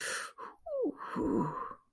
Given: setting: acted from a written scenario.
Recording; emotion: vocal sound without words; elation